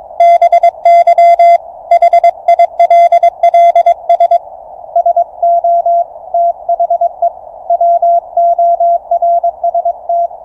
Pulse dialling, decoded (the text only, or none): none